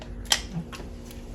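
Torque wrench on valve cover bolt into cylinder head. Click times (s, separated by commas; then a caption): 0.3 s. A click-type torque wrench set to 89 inch-pounds tightens the last valve cover bolt into the cylinder head of a V6 Malibu Maxx, ratcheting until it breaks over with a sharp click at 0.3 s. A fainter tick follows at 1.4 s over a low steady hum, and the bolt is confirmed at torque.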